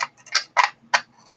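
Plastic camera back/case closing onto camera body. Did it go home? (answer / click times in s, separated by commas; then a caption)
no / none. The plastic back of a cracked, dropped vintage camera is pushed closed onto the camera body, making a few short, bright plastic taps and scrapes near 0.0, 0.35, 0.6 and 0.95 seconds. Nothing clicks shut and the back does not latch, because the plastic has shrunk.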